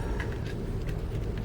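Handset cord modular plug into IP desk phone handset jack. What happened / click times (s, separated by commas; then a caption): The small plug is being handled but has not clicked into its jack yet / none. The coiled handset cord's modular plug is being handled at the handset jack of a Cisco SPA525G2 IP desk phone, with a steady low rumble throughout and two faint short taps at about 0.2 and 1.4 s. Nothing has seated or clicked yet; the plug is not yet home.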